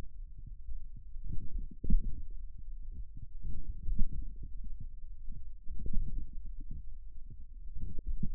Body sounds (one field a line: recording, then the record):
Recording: forearm muscle sounds (acoustic myography)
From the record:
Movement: wrist extension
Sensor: system 1, eight BSWA MPA416 microphones around the upper forearm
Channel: 8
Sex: male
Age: 41 years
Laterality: right